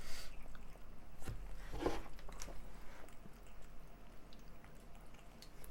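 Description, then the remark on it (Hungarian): A cat named Obi laps drinking water with soft, wet little clicks in an irregular patter, faint and steady against a low background hum, with no voices. “Obi, Apple fan, hogy iszik.”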